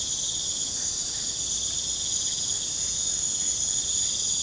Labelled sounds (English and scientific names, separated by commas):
none